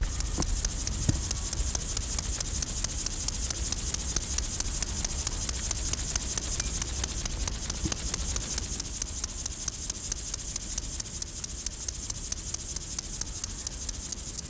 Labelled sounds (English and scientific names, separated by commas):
Upland Field Grasshopper (Chorthippus apricarius) stridulation